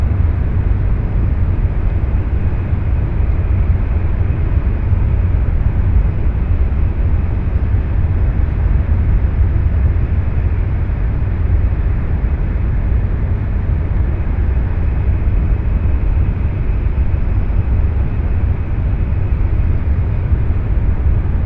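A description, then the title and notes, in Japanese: A Nishi-Kyushu Shinkansen train runs from Nagasaki toward Saga with a steady, dense rumble that holds at the same loudness throughout. The deep roar dominates, with a softer hiss above it and no distinct events or changes. 西九州新幹線 長崎→佐賀。西九州新幹線の全線通し、全駅停車の列車に乗って佐賀まで向かいます。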